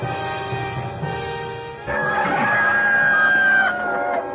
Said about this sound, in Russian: Кричали петухи в мутном рассвете.